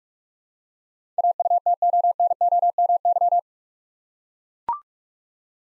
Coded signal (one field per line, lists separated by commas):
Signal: Morse code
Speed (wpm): 42 wpm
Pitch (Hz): 700 Hz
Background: none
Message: AUTONOMY